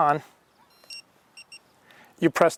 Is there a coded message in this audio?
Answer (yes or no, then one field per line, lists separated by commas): no